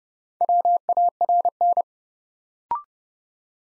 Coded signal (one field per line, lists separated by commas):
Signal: Morse code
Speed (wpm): 28 wpm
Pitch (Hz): 700 Hz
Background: none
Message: WARN